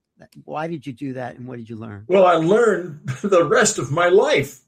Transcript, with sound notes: why did you do that and what did you learn?
Well, I learned (laughs) the rest of my life.